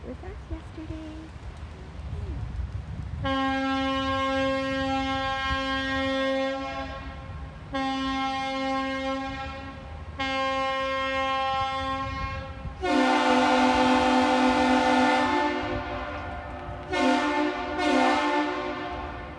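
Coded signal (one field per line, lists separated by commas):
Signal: ship horn signal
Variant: Captain's salute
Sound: deep ship horn: one long, two short blasts, then a louder horn repeats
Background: outdoor crowd chatter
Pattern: 1 long, 2 short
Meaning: A ship's captain's salute, answered in kind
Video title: 1 Long 2 Short Duluth MN Aerial Lift Bridge Canal Park Alarms and Captain's Salute start to finish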